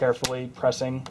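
Someone talks while pressing around the edge of the plastic display bezel on an HP Pavilion dv7 laptop lid to clip it back onto the lid. Only speech is heard, with no distinct snap or click. Nothing has seated or clicked yet by the end of the clip.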